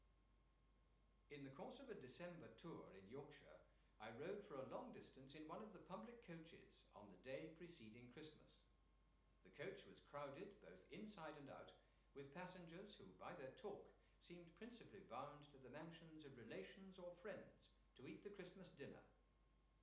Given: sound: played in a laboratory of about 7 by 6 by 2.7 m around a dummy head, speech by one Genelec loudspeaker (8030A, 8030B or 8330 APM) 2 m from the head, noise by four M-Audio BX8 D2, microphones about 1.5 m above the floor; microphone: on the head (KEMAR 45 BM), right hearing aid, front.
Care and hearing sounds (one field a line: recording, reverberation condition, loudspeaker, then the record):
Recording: male speech in English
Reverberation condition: medium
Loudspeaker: 90 degrees to the right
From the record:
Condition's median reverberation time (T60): about 510 ms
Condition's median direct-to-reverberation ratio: about -0.5 dB